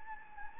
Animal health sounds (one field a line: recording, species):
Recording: mosquito wingbeat signal from an infrared sensor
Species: Anopheles gambiae